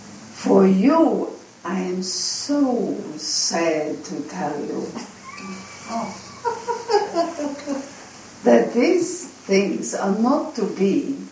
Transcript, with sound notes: for you - I am so sad to tell you, (says this in such a way that tells us She is not sad at all. Everyone laughs) that this things are not to be